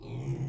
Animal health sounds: pig call; weaner (32 to 43 days)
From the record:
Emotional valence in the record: negative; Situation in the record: long isolation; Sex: female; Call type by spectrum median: low-frequency call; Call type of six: low-frequency stable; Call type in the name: low-frequency stable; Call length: 0.49 s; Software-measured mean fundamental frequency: 61 Hz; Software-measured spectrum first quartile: 129 Hz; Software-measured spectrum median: 180 Hz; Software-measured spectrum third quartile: 435 Hz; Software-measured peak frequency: 133 Hz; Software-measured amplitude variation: 130 dB a second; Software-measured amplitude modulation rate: 26.3 a second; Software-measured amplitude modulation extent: 4.9 dB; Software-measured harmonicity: -1.3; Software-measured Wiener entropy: -0.18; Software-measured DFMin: 1020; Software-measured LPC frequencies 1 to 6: 2256, 3360, 4056, 5226, 5714, 6574 Hz

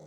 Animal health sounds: pig call; piglet (1 to 25 days)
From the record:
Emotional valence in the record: negative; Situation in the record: long isolation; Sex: male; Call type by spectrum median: low-frequency call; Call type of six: low-frequency stable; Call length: 0.07 s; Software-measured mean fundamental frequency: 37 Hz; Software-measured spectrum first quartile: 201 Hz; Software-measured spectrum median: 441 Hz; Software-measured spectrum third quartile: 718 Hz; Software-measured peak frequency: 537 Hz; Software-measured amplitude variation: 10 dB a second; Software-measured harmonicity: 2.6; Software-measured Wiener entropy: 0.21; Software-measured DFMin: 996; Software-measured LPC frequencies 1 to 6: 531, 1992, 3550, 4165, 6099, 7218 Hz

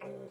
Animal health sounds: pig call; piglet (1 to 25 days)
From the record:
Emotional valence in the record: negative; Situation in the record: restrain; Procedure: in the arms of a person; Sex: male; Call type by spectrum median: low-frequency call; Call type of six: low-frequency stable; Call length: 0.31 s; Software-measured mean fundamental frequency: 66 Hz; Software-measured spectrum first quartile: 345 Hz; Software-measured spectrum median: 503 Hz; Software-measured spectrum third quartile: 778 Hz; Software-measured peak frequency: 400 Hz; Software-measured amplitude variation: 88 dB a second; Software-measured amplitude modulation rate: 25.8 a second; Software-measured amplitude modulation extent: 3.4 dB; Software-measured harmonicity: 2.6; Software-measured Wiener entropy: -0.20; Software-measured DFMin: 1180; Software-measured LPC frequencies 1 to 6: 494, 2402, 3854, 5236, 6301, 6786 Hz

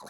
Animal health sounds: pig call; piglet (1 to 25 days)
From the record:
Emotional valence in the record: negative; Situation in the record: long isolation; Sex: male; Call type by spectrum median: low-frequency call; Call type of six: low-frequency tonal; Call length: 0.10 s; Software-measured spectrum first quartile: 746 Hz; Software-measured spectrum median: 1581 Hz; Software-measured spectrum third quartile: 5736 Hz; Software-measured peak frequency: 992 Hz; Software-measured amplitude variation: 37 dB a second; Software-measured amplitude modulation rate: 9.9 a second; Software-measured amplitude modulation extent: 3.7 dB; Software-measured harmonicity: 0.5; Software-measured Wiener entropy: -3.41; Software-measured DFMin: 1139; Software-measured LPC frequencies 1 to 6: 827, 1523, 3971, 5107, 6164, 7026 Hz

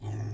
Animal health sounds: pig call; weaner (32 to 43 days)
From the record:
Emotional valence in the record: negative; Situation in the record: negative conditioning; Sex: female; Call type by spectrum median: low-frequency call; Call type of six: low-frequency stable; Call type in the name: low-frequency stable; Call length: 0.33 s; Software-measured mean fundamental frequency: 53 Hz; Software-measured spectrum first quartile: 105 Hz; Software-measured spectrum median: 153 Hz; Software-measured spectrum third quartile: 512 Hz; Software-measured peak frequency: 108 Hz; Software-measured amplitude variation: 74 dB a second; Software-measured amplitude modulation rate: 15.0 a second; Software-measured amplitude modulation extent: 4.9 dB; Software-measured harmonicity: 3.9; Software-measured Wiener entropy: -0.82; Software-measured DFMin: 724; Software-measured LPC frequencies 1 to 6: 657, 1823, 2610, 3358, 5534, 6080 Hz

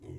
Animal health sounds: pig call; weaner (32 to 43 days)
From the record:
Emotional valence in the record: negative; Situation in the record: negative conditioning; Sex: female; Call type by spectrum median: low-frequency call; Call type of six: low-frequency stable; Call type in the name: low-frequency stable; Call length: 0.19 s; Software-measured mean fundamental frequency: 44 Hz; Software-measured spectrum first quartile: 111 Hz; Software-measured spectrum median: 212 Hz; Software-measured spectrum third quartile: 386 Hz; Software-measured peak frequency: 105 Hz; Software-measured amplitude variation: 153 dB a second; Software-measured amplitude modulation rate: 21.2 a second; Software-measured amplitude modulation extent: 7.2 dB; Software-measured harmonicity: -1.5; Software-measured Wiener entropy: 0.48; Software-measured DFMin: 914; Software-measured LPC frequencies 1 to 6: 326, 2087, 2994, 3749, 5018, 5965 Hz

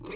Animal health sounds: pig call; weaner (32 to 43 days)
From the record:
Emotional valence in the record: negative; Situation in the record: short isolation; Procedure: open field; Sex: female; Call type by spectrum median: high-frequency call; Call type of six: high-frequency stable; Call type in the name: high-frequency stable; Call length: 0.15 s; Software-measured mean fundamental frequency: 174 Hz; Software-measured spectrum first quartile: 700 Hz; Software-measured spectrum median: 4077 Hz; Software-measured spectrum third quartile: 5892 Hz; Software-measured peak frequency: 417 Hz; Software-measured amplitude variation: 139 dB a second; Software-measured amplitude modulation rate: 12.9 a second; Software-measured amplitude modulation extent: 10.8 dB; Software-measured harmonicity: 4.9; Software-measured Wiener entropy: -3.14

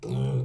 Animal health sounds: pig call; weaner (32 to 43 days)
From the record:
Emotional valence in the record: negative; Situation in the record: long isolation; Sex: female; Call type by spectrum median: low-frequency call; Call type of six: low-frequency stable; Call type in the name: low-frequency stable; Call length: 0.46 s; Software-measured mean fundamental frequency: 66 Hz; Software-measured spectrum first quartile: 130 Hz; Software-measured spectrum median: 180 Hz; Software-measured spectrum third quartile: 435 Hz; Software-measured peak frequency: 137 Hz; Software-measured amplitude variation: 86 dB a second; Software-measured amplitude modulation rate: 27.5 a second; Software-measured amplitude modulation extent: 3.1 dB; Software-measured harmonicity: 2.5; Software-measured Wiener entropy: -0.71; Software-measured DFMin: 926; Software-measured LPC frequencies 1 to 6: 2415, 3161, 3794, 4536, 5871, 6909 Hz

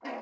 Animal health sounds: pig call; piglet (1 to 25 days)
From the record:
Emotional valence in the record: negative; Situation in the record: restrain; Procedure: in the arms of a person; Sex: female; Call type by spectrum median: low-frequency call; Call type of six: low-frequency stable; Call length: 0.23 s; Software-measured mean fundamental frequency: 70 Hz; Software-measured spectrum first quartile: 493 Hz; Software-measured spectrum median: 780 Hz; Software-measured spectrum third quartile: 1488 Hz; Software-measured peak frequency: 270 Hz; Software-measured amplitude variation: 116 dB a second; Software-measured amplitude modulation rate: 15.6 a second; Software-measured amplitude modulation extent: 7.4 dB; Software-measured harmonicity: 0.0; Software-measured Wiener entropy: -0.82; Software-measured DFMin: 1136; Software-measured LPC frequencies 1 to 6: 631, 1933, 2799, 4064, 5039, 6680 Hz

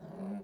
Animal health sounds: pig call; piglet (1 to 25 days)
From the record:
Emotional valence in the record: negative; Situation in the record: short isolation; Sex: female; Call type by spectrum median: low-frequency call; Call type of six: low-frequency modulated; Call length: 0.45 s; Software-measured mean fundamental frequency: 62 Hz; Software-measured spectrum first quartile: 196 Hz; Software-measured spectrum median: 262 Hz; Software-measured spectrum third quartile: 563 Hz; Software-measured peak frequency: 194 Hz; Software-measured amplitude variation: 119 dB a second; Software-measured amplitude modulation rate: 14.5 a second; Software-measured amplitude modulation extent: 8.2 dB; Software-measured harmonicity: 7.7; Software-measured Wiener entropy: -0.23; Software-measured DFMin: 623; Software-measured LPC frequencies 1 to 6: 2444, 3941, 4588, 5828, 6891, 7822 Hz

